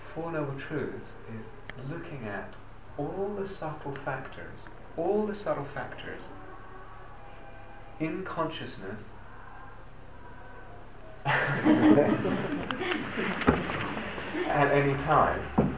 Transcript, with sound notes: Four Noble Truths are looking at all the subtle factors, all the subtle factors in consciousness... [laughter at sound of people singing "Happy Birthday" in background] at any time